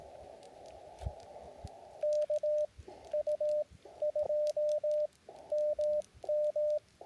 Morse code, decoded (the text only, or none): KU2MM